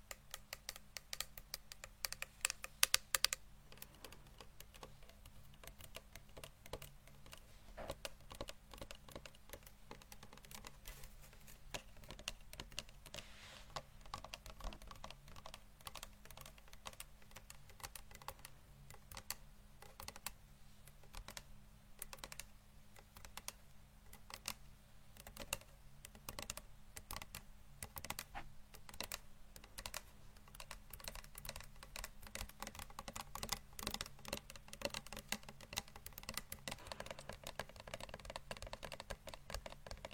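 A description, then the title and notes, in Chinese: Quick, dense tapping runs nonstop for the whole stretch, crisp, much like fingers clattering on a keyboard. The pace stays fairly even, with a sharper knock near three seconds and slightly busier bursts later. A low, steady hum sits underneath. 敲击大脑。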